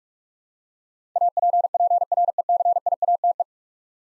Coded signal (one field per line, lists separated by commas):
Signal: Morse code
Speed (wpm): 45 wpm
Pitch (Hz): 700 Hz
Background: none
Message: APPRECIATE